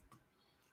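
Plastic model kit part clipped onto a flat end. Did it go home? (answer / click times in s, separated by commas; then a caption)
no / none. A small plastic part from an RX-78-2 Gundam (American Type) model kit is handled and pushed onto a flat end to clip it on. There is a soft handling tick at about 0.1 s, then quiet rustle. Nothing has snapped or seated yet.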